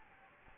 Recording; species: mosquito wingbeat signal from an infrared sensor; Anopheles gambiae